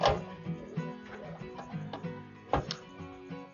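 The main power supply plug is pushed into its socket on a motherboard, with music playing throughout. Sharp clicks sound at 2.5 and 2.7 seconds as the connector seats and locks in.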